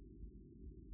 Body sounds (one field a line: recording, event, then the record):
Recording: neck accelerometer signal played as sound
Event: no cough (speech, laughter, throat clearing or background)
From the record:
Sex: male